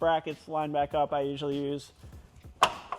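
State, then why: Seated. Someone talks while a punch levers the lower control arm (lollipop) bushing bracket on an E36 into alignment with its mounting on the car body. At 2.6 s, a sharp hit rings out as the bracket snaps into place and seats.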